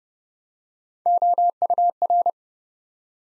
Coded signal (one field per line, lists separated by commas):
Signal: Morse code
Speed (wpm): 31 wpm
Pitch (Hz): 700 Hz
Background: none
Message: OUR